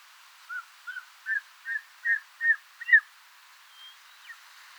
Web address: circaetus gallicus call